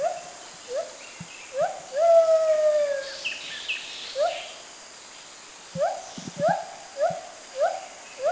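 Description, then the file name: White-handed gibbon whooping: quick rising hoots, a long sliding note with clear overtones, then a fast run of short hoots. Southern Thailand. "White-handed Gibbon Tone Pariwat"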